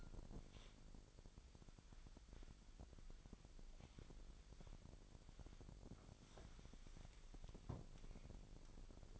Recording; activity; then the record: daily activity, microphone in the room; wipe stove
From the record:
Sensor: 5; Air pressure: 1001.2 hPa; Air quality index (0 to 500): 248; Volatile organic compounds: 35 ppm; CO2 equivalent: 3060 ppm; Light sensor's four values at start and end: 23/53/21/18 and 26/59/23/20